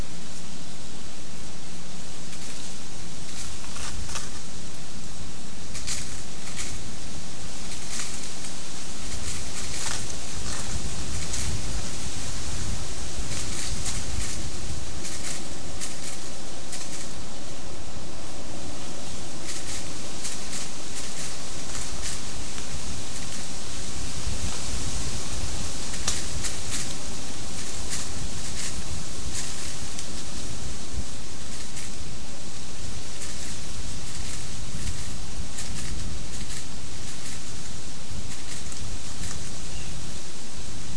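Wind rushes steadily through oak and bay leaves with low gusty rumbling, while brief dry scratches in the leaf litter recur throughout.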